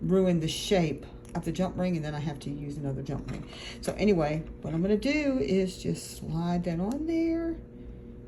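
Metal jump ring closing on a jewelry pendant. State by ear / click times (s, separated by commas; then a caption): not seated / none. A metal jump ring is handled and slid onto a soldered heart pendant with a texture and patina finish, to be twisted shut until it clicks so the connection is secure. Someone talks throughout with faint background handling noise. Nothing has clicked or closed yet by the end of the clip.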